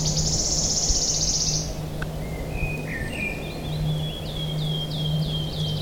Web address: linnut sirittaja